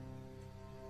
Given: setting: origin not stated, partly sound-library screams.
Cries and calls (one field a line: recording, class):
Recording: one-second piece from a danger detection set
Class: normal situation